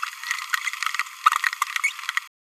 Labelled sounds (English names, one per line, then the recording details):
Green-rumped Parrotlet babbling
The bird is a male
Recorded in a nest box in Venezuela
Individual 17B31A2